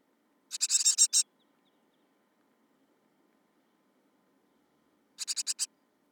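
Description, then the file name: Great tit harsh churring call, a quick rattling burst of raspy notes, then a long pause before a second, shorter rattle. "Parus major"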